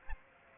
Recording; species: mosquito wingbeat signal from an infrared sensor; Aedes aegypti